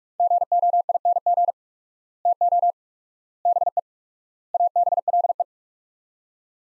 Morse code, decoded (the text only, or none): GOING TO BE ABLE